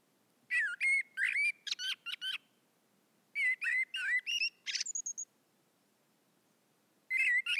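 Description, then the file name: Common blackbird in clipped, chattering notes with squeaky slurs, grouped into three bursts, one ending in a thin, drawn-out high whistle. "Turdus merula"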